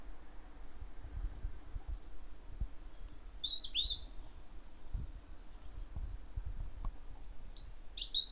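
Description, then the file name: European robin song in two short bursts of high, thin notes separated by a pause, with low thuds and rumbling noise underneath. "Erithacus rubecula"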